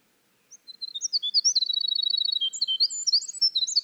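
Winter wren song, a tumbling stream of high thin notes with a fast steady trill, continuing for about three seconds.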